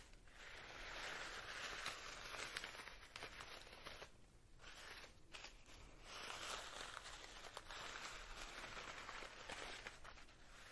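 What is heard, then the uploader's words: Layered hand movements make a dense, crackly rustle that runs almost without pause, bright, like fingers scratching and brushing over textured material. The sound briefly thins out just after four seconds, then builds back to a steady, busy crackle until the end. ASMR Pulling Your Stress Away (layered sounds & hand movements).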